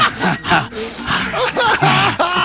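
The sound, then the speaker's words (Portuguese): A voice imitates rapid panting, with quick breathy huffs repeating roughly every half second, loud and airy with a slight voiced edge. “Não porão, o porão é ofegante. O porão é uma respirada a cada 2.”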